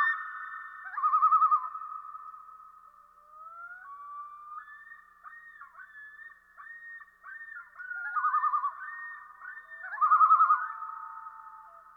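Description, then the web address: Common Loon calling, quavering tremolo bursts mixed with wavering, yodel-like notes that rise and fall. "Dan Gibson Wildlife Identification By Sound, Eastern North America Pt 1. Common Loon"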